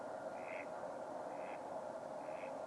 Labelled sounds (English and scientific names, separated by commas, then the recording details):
Mallard (Anas platyrhynchos)
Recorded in Germany
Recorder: ecoPi